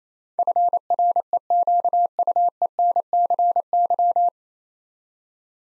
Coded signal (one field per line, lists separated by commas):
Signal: Morse code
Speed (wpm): 28 wpm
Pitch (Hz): 700 Hz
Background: none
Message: FREQUENCY